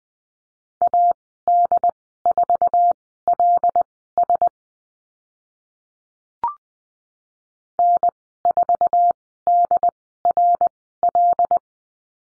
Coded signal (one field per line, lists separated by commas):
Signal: Morse code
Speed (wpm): 20 wpm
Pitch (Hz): 700 Hz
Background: none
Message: AD4LS N4DRL